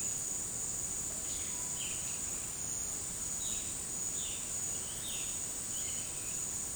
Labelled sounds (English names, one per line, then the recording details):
Violaceous Jay
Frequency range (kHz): Violaceous Jay 2.1-4.3 kHz
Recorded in dense forest near Puerto Asís, Putumayo, Colombia, on 20 February 2024 at 16:30
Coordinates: 0.503, -76.322
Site G6418